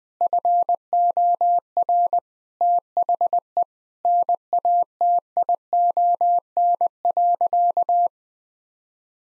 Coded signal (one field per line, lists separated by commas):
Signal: Morse code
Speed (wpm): 20 wpm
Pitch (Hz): 700 Hz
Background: none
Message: FOR THE NATION.